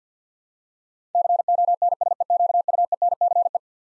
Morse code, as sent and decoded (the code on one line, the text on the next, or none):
-.-. --- -. ... . --.- ..- . -. -.-. .
CONSEQUENCE